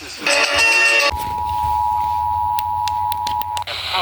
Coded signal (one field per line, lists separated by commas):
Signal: Emergency Alert System (SAME) tones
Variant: 853 and 960 Hz attention tone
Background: speech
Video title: North Carolina Required Monthly Test at 3AM on Multiple stations (EAS #825-834)